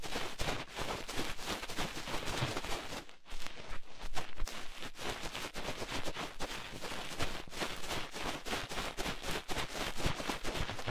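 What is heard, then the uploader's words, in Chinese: A cotton swab cleaning an ear makes a dense, rough scratching with sharp crackling strokes that repeat rapidly and fairly regularly throughout. The rubbing stays bright and full, with a brief near-silent gap around three seconds and short dips near four. 棉签清洗耳朵。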